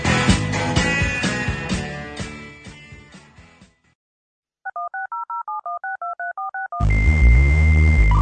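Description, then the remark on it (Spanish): A rapid run of about a dozen telephone keypad tones, steady two-pitch beeps, sits in a brief gap between bursts of music in a jingle for the radio show ECRO. Music fades out before the beeps and kicks back in loudly right after. “Oye, ese, no era un teléfono, sino que era la vuelta de ECRO, ¿cierto?”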